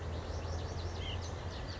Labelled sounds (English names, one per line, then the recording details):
White-breasted Nuthatch
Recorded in Sonoma County, California